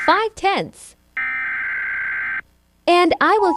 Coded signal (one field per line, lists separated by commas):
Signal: Emergency Alert System (SAME) tones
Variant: header bursts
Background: speech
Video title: 4449 is rating eas alarms part 1